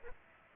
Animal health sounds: mosquito wingbeat signal from an infrared sensor; Aedes aegypti

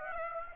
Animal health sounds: mosquito wingbeat signal from an infrared sensor; Aedes aegypti

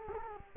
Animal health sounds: mosquito wingbeat signal from an infrared sensor; Culex quinquefasciatus

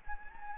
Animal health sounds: mosquito wingbeat signal from an infrared sensor; Anopheles gambiae

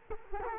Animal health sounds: mosquito wingbeat signal from an infrared sensor; Culex quinquefasciatus

